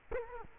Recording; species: mosquito wingbeat signal from an infrared sensor; Culex quinquefasciatus